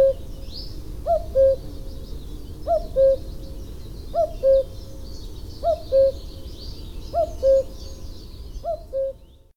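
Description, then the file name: Common cuckoo giving its two-note cu-coo call, a higher note then a lower one, repeated steadily about every one and a half seconds, with faint songbird twitters in the background. "coucou gris"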